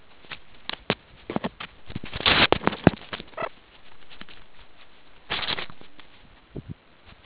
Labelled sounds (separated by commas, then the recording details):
meerkat close call
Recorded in the Kuruman River Reserve, South Africa
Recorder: an audio tag on a meerkat's collar